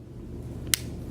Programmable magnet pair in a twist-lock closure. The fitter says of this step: I closed it and then when I turn it locks